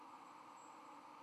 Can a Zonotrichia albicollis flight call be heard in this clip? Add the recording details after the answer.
no. No flight call is heard. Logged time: 04:26 on 13 November 2014